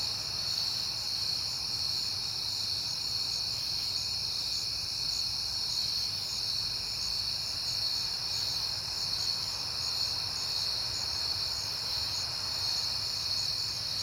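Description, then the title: Steady high-pitched cricket chorus, a continuous pulsing trill over a faint low rumble. Crickets recorded on a peaceful night in September; the recordist has been hearing them a lot lately. "Night Time: Crickets and Passing Cars"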